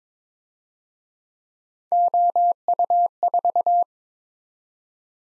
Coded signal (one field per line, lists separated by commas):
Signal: Morse code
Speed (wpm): 26 wpm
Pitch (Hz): 700 Hz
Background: none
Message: OU4